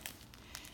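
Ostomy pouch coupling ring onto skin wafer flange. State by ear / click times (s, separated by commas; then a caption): seated / 0.1 s, 0.5 s. A two-piece ostomy pouch's plastic coupling ring is pressed onto the skin wafer's flange, with a finger run under the ring to snap it on. Two sharp plastic snaps are heard at 0.1 s and 0.6 s over faint crinkling. The pouch is seated on the wafer.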